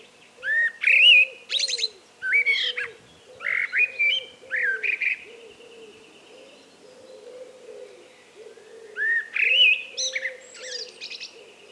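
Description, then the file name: Common blackbird song, mellow fluty whistled phrases with thin high notes, repeated several times with short pauses between them and a longer pause before the last. "Turdus merula"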